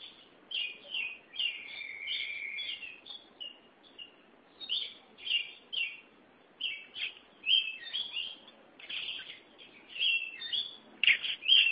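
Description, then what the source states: Oriental magpie-robin song: a steady run of many short, bright whistled and chirped phrases with brief gaps between them. Chirping song (kicauan) of the bird.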